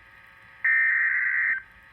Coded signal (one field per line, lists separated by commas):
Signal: Emergency Alert System (SAME) tones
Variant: header bursts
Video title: Severe thunderstorm warning (EAS #47) (Radios: midland hh50, hh54vp, wr400) 4-28-20 at 11:24PM